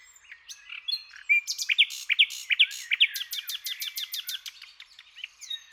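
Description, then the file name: Common nightingale song: soft opening notes build into a series of loud, evenly spaced sharp notes followed by quieter chattering phrases. "Luscinia megarhynchos"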